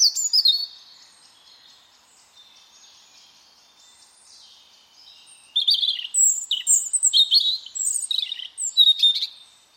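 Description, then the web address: Bird song: a short high burst at the start, a quiet stretch, then rapid, varied twittering and whistled notes for the last few seconds. "Bird Only"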